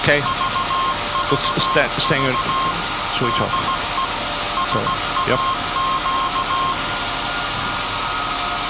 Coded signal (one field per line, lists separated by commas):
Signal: Morse code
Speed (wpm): 16 wpm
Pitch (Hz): 1070 Hz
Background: speech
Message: VVV DE SAQ